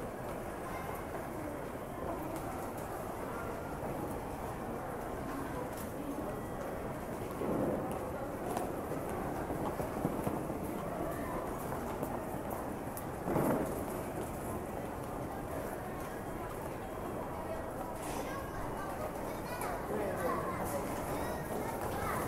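A busy station hums with a dense, steady wash of crowd chatter and low rumble throughout. Brief louder bursts stand out around 7 seconds and again near 13 seconds, with a faint higher ring near 18 seconds over the constant background murmur.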